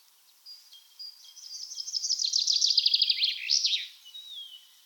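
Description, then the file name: Common chaffinch singing one full phrase, a quick series of descending notes ending in a sharp flourish, with thin whistled notes before and after. "Fringilla coelebs"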